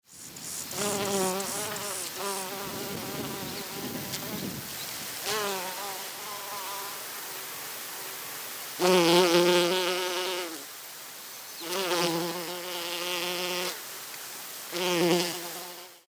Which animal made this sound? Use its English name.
Honey Bee